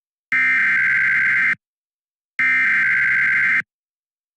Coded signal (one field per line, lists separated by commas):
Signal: Emergency Alert System (SAME) tones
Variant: header bursts